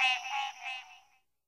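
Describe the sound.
Green treefrog giving three short notes in quick succession that fade away, followed by a brief silence.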